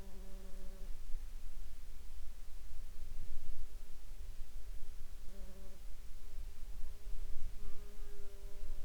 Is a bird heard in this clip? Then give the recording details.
no. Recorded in the Arctic National Wildlife Refuge, Alaska, on 19 July 2021 at 23:06. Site 42